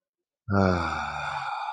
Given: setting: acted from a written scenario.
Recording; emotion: vocal sound without words; serenity